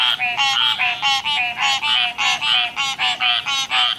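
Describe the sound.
Frogs uttering a steady series of nasal, bleating croaks, roughly two each second.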